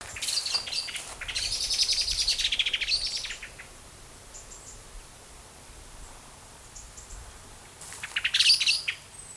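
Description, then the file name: Common blackbird giving harsh chattering calls, a long scratchy burst for about three seconds, then quiet before another short rattling outburst. "Turdus merula"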